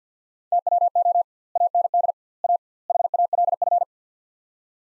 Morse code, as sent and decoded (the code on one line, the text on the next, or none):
- .-- --- / .- -. -.. / .- / .... .- .-.. ..-.
TWO AND A HALF